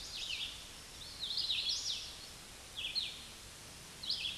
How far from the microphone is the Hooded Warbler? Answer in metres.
about 45 m